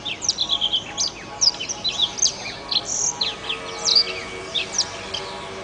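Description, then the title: Oriental magpie-robin song with repeated clear whistles, chirps and slurred high notes in quick bursts, over a faint steady tonal hum. "Kicau Kacer"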